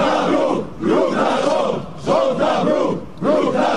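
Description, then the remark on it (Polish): A large protest crowd on a picket march from the Ministry of Internal Affairs headquarters toward the Polish Sejm chants in loud, rhythmic unison, repeating a short phrase about three times with brief dips between each shout, voices blending into a dense roar. “Pikieta wyruszyła sprzed siedziby Ministerstwa Spraw Wewnętrznych. Ma dotrzeć przed Sejmem.”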